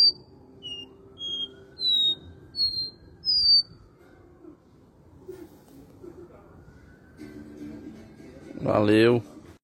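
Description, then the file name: Copper seedeater song: several clear, high whistled notes over the first four seconds, then a faint sliding hum and a short harsh burst near the end. "canto do caboclinho"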